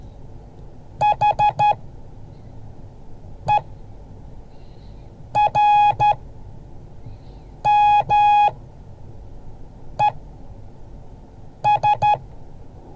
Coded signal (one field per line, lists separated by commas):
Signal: Morse code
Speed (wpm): 12 wpm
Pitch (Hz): 830 Hz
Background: none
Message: HERMES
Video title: Morse code class 2023-01-18